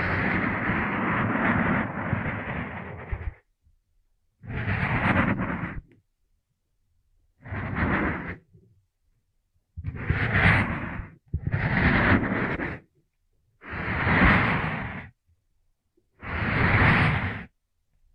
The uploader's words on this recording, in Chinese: 按摩耳朵，一些让人放松的声音。